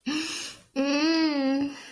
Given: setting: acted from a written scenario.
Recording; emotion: vocal sound without words; romantic love